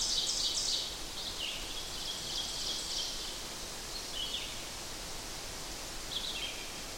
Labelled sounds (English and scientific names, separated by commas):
Ovenbird (Seiurus aurocapilla) song